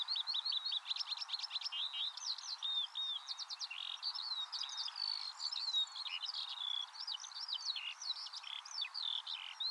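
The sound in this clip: Eurasian skylark song: rapid, tumbling warble of clicky trills and sweeping whistled notes, continuing without a break throughout.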